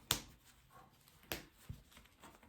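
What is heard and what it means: Two magnetic bag snaps sewn into a backpack's front pocket pieces are clipped together to hold the pocket flat. Each closure gives a sharp click, at 0.1 s and 1.3 s, with a softer low thump near 1.7 s and faint rustling between.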